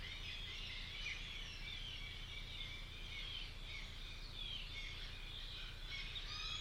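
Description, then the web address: Bird chorus: many birds chirping and twittering together in a continuous high wash of notes, over a low droning hum. "cianscape birddata Deverinetal 2025 File origin Bird Only"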